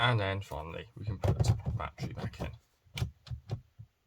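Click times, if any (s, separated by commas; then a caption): 3.0 s. Someone talks, then a plastic laptop battery pack is pushed back into its bay in the laptop and latches with a sharp click at 3.0 s, followed by a few softer knocks. The battery is seated.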